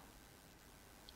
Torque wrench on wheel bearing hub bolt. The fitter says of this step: nice good satisfying click